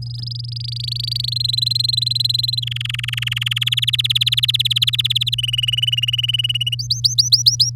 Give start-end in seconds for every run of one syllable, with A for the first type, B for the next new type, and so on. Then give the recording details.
0.02-1.34 A, 1.36-2.60 B, 2.62-3.59 C, 3.61-5.35 D, 5.38-6.75 E, 6.79-7.70 F. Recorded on 9 May 2018 at 11:50. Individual llb16